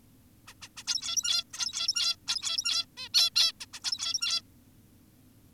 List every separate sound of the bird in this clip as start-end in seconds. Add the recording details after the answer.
0.47-0.54, 0.62-0.69, 0.77-0.84, 0.87-1.44, 1.54-2.16, 2.28-2.86, 2.97-3.09, 3.14-3.30, 3.36-3.52, 3.61-3.66, 3.74-3.80, 3.84-4.42. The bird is an adult. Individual g17y2U